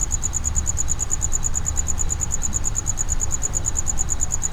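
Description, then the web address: Cricket chirps repeated rapidly and evenly, high and thin, with a rumbling low background noise underneath. Cricket inside a plastic distribution box at Jászberény Zoo, recorded in 2016. "allathangok jaszberenyizoo 2016 tucsok muanyagelosztodobozban"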